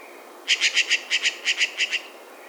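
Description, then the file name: Eurasian jay run of about ten harsh, rattling notes delivered quickly and evenly over one and a half seconds. "Garrulus glandarius"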